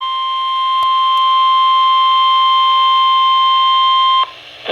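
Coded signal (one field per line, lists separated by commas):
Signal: Emergency Alert System (SAME) tones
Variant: 1050 Hz attention tone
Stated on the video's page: Severe Thunderstorm Warning received from weather radio station WXJ87 in Madison, Wisconsin.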